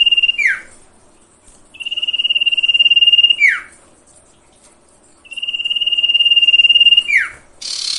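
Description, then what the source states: Sirtu song: a long, level, finely pulsed buzzy note held nearly two seconds, then a quick downward slur, repeated about every three and a half seconds. Masteran tutor recording for training caged songbirds, presented as full variation.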